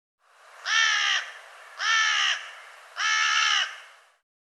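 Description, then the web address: Bird calls, three harsh, nasal caw-like notes, each about half a second long, spaced roughly a second apart, against a quiet background. "cianscape birddata Deverinetal 2025 File cleaned normalized Bird"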